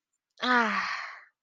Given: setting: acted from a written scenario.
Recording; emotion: vocal sound without words; contentment